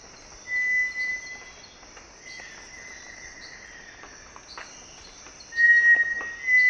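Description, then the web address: Cinereous tinamou giving a pure, level whistle held about a second, then repeated after a long pause, over a steady high insect drone. Eastern lowlands of South America. "Natures Songs S America Eastern Lowlands. Cinereous Tinamou"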